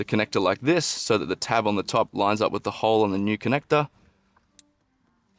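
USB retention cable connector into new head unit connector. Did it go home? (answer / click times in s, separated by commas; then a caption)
yes / 4.6 s. Someone talks while lining up a USB retention cable connector so the tab on its top meets the hole in the new head unit connector, during a wireless Apple CarPlay install in a Toyota Hilux (N80). After the talking stops, the connector, a little tougher to push in than the others, clicks in at 4.6 s and is seated.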